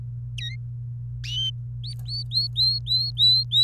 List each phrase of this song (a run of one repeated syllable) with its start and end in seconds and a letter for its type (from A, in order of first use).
0.38-0.56 A, 1.84-3.64 B